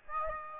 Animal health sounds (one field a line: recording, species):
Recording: mosquito wingbeat signal from an infrared sensor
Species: Aedes albopictus